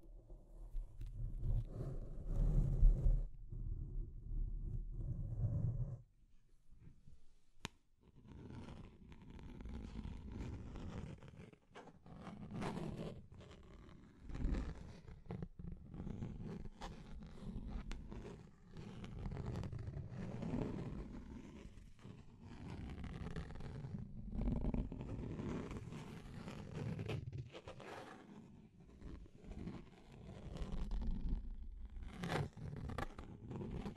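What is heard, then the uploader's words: Deep scratching fills the clip with dense, rough, low rasping strokes, coming in bursts that swell and fade without a steady rhythm. A heavy low rumble dominates the first six seconds, and sharp clicks and scrapes cut in throughout, notably near 8 and 27 seconds. ASMR Deep Scratching. (No Talking).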